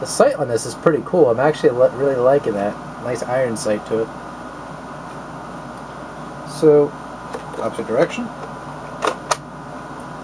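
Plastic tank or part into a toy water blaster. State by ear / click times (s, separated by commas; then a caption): seated / 9.3 s. Someone talks while a plastic part, likely the water tank, is turned the opposite way and pushed into a Nerf Super Soaker Arctic Shock toy water blaster. A short tap sounds at 9.1 s, and the part seats with a sharp click at 9.3 s.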